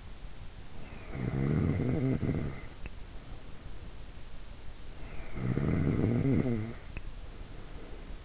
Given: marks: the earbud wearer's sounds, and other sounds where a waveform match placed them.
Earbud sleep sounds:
sounds in sleep by an in-ear microphone; snoring breath
0.66-3.86 s: snoring breath
4.77-8.25 s: snoring breath

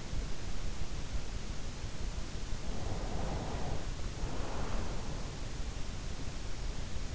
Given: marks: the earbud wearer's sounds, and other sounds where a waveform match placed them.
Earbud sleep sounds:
sounds in sleep by an in-ear microphone; breath
2.54-5.40 s: breath

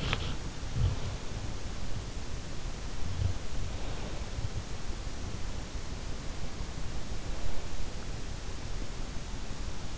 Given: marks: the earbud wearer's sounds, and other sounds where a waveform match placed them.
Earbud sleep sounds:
sounds in sleep by an in-ear microphone; body movement
0.00-2.19 s: body movement

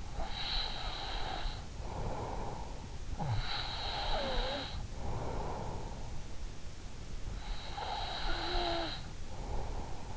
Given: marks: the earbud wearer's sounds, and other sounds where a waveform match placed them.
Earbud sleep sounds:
sounds in sleep by an in-ear microphone; breath
0.00-3.09 s: breath
3.37-6.52 s: breath
7.32-10.17 s: breath

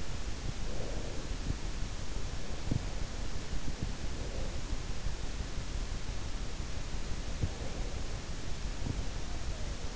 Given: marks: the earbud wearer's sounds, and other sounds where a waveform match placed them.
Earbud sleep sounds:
sounds in sleep by an in-ear microphone; breath
0.00-3.31 s: breath

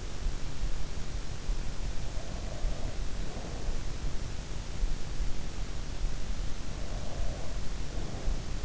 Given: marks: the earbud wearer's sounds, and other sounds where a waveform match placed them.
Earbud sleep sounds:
sounds in sleep by an in-ear microphone; breath
2.13-4.07 s: breath
6.85-8.65 s: breath

